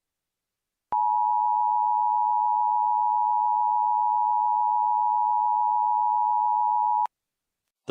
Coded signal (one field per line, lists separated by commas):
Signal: Emergency Alert System (SAME) tones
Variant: 853 and 960 Hz attention tone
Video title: Mock EAS Alert based on Blast Corps